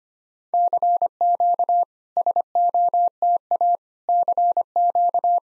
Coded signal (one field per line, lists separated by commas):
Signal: Morse code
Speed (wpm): 25 wpm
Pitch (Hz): 700 Hz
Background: none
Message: CQ SOTA CQ